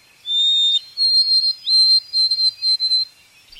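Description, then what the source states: White-throated sparrow song: a long, clear, high whistle, then a higher whistle followed by a series of shorter, evenly repeated whistled notes on one pitch. Boreal spruce and poplar forest of Alaska and Canada; long, clear whistles described as 'Oh, sweet Canada'.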